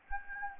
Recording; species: mosquito wingbeat signal from an infrared sensor; Anopheles gambiae